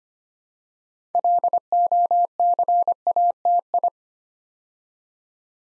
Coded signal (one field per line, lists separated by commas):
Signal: Morse code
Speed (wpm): 25 wpm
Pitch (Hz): 700 Hz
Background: none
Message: LOCATI